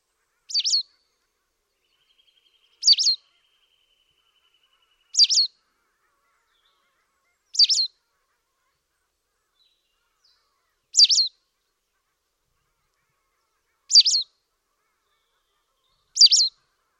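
White wagtail uttering seven short, sharp double-note chirps, high-pitched, at intervals of a few seconds in an otherwise quiet background.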